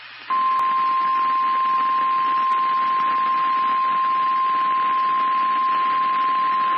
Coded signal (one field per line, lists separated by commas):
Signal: Emergency Alert System (SAME) tones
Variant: 1050 Hz attention tone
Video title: Severe Thunderstorm Warning Ohio Noaa Weather Radio WXJ 46 Dayton Ohio 8/1/26